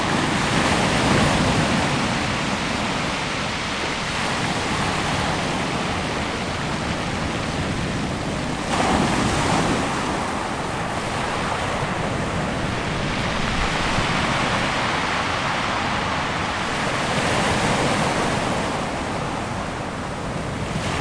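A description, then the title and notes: Ocean waves roll in with a dense, continuous wash of surf that stays loud from start to finish. The roar swells and eases slowly, with a brief stronger surge near nine seconds, and a low wind rumble sits underneath throughout. Sunset Ocean Waves. This recording offers the natural sound of rolling ocean waves captured at the time of beautiful sunset.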